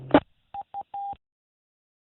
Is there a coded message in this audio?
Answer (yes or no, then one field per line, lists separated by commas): no